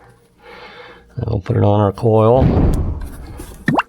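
Someone talks while handling a spark plug wire boot on its way onto the ignition coil of a 5.3L Chevrolet Silverado, with brief sharp handling noises near 3.7 s and 3.9 s. The boot has not seated on the coil yet, and nothing has clicked into place.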